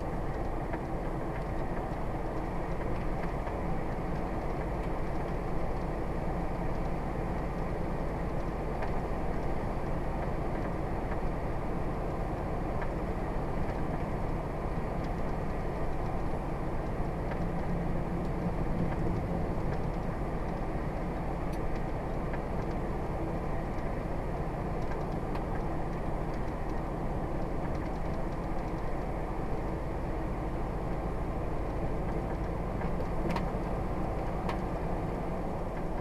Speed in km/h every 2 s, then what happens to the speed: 58, 58, 58, 58, 58, 58, 58, 58, 58, 58, 60, 60, 58, 56, 56, 53, 53, 48.
0-22 steady at about 58. 22-36 slows to 48.